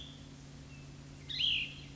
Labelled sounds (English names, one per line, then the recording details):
Cassin's Vireo
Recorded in Sonoma County, California